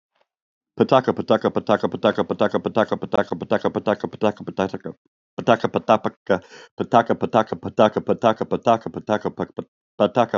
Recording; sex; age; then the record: repeated syllables /pa ta ka/; male; 40 to 49 years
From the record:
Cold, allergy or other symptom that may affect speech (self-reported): no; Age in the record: 42 years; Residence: South Carolina, United States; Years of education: 16